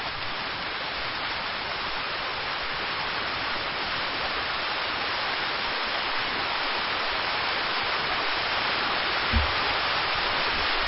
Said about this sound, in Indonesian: Hujan telah turun. Allahumma sayyiban nafi'a.